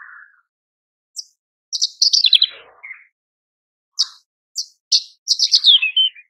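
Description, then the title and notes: Horsfield's bush lark song opening with a low whistle, then bursts of rapid descending twittered notes separated by short silences. Very lively (super gacor), continuous branjangan singing, used as a masteran recording for training cage birds. "MASTERAN AMPUH KICAUAN BRANJANGAN SUPER GACOR. cucak jenggot"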